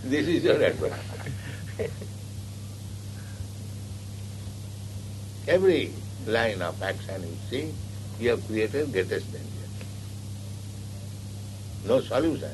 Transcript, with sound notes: This is your advancement. [laughs] Every line of action you see, you have created greatest danger. No solution.